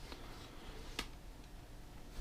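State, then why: Seated. A detachable ear pad is pressed back onto the earcup of a Koss ESP950 electrostatic headphone. A faint click sounds at 0.1 s and a sharper, louder click at 1.0 s as the pad seats into place. The pad is secured on the earcup.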